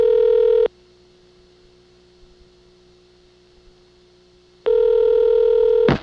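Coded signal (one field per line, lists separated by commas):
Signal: telephone call progress tone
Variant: North America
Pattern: ringback tone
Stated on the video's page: Call progress tones from dialing each Ocala, Florida local office code on a phone served by a rare European Siemens motor switch, 1982.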